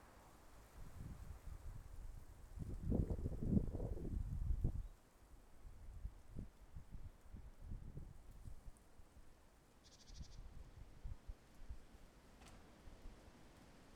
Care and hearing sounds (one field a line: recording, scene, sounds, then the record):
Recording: everyday scene through a hearing-aid microphone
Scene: wind on the microphone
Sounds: wind, traffic, birds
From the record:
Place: suburban garden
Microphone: behind the ear, left, front